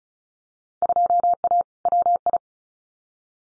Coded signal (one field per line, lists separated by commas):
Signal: Morse code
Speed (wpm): 36 wpm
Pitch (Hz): 700 Hz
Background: none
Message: 2A WI